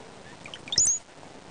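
Brown-headed cowbird song: a few soft gurgling notes followed by a thin, very high whistle that slides upward and then levels off, heard once against quiet background hiss.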